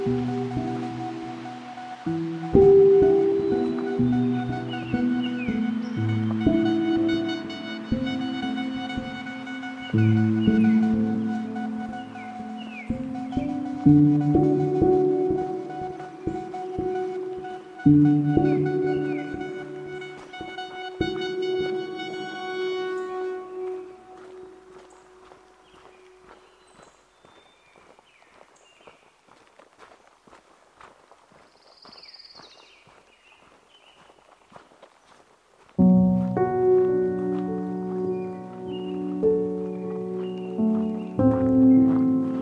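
On the Patricia Lake Loop Trail below Pyramid Mountain in Jasper, low sustained droning tones shift pitch in steps over regular footfalls. The tones fade out around 24 seconds, leaving quiet scattered ticks, then return abruptly and loudly at 36 seconds.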